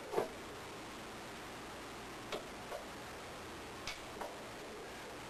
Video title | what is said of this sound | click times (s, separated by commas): replacing the pickup coil on a V6 fiero 1of2 | did you hear it click in place it uh the spring clip clip the | 3.9 s